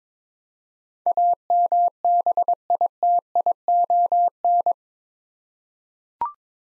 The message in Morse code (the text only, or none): AMBITION